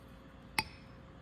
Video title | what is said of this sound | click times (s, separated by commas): DIY ENGINE REBUILD MUSTANG 3.8 SN 95 | you can hear it pop out | 0.6 s